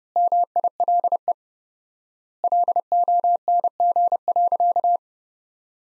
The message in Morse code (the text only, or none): MILE LONG.